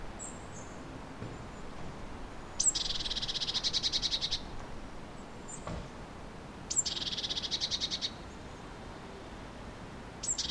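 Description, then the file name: Eurasian blue tit churring: a thin high note leading into a long, fast, buzzy rattle, repeated twice, with a third starting at the end; faint high chips between. "Cyanistes caeruleus"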